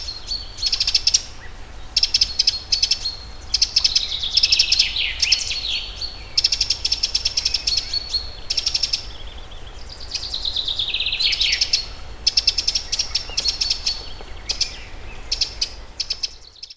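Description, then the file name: Eurasian wren singing in a long, energetic stream of shrill trills and quick downward-sweeping notes, phrases following each other almost without pause over a faint low background rumble. "Troglodytes troglodytes"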